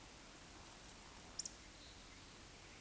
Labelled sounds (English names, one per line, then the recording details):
Eurasian Woodcock whistle
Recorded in Baden-Württemberg, Germany, on 16 June 2021 at 19:47 UTC
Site 20675, 466 m above sea level